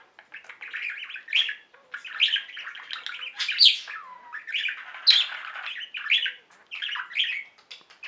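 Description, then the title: Budgerigar chattering with scratchy squawks and short warbled phrases in bursts roughly every second or two, including a few clear whistled notes, with brief pauses between. "Budgie Sounds"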